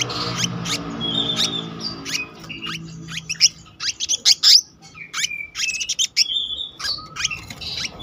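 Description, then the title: Selendang biru songbird singing bursts of sharp chirps and short flat whistles, loudest in the middle, with a low hum at the start. Song in the continuous rolling style called gacor ngeroll, with isian (filler notes). "BURUNG SELENDANG BIRU GACOR NGEROLL ISIAN"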